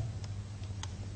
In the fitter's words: vient se clipser dans un autre ergo et là le ven tiade est fixé solidement sur la